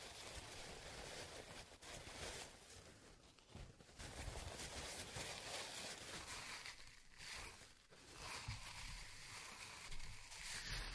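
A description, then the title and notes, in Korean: Walnuts are ground by hand in a dense, rough, continuous grinding noise that swells and eases, dipping briefly near four and eight seconds. 호두를 직접 갈아보겠습니다. 손으로 직접 갈아먹는 호두.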